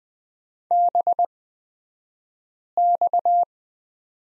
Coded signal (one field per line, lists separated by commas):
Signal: Morse code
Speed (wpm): 20 wpm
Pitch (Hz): 700 Hz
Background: none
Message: BX